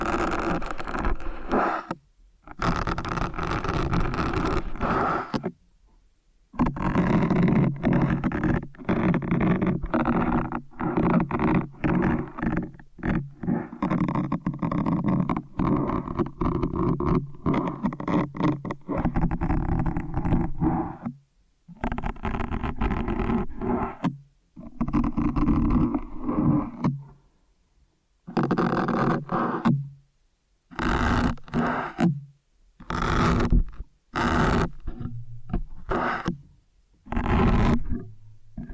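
Intense ear-cleaning sounds with kinetic sand: dense, muffled scraping and squishing in long bursts, mostly low and mid in pitch with rougher bright edges. Sharp cut-off silences break it up often, growing more frequent after about twenty seconds into shorter stop-start rubbing.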